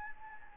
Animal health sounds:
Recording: mosquito wingbeat signal from an infrared sensor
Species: Anopheles gambiae

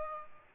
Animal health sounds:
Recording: mosquito wingbeat signal from an infrared sensor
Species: Aedes aegypti

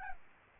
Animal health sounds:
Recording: mosquito wingbeat signal from an infrared sensor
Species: Aedes albopictus

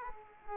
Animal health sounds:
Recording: mosquito wingbeat signal from an infrared sensor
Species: Aedes aegypti

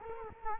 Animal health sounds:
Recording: mosquito wingbeat signal from an infrared sensor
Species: Culex quinquefasciatus

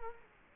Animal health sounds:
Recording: mosquito wingbeat signal from an infrared sensor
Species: Culex quinquefasciatus

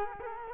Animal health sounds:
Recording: mosquito wingbeat signal from an infrared sensor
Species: Culex quinquefasciatus

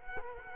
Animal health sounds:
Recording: mosquito wingbeat signal from an infrared sensor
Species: Culex quinquefasciatus

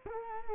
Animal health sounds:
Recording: mosquito wingbeat signal from an infrared sensor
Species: Culex quinquefasciatus

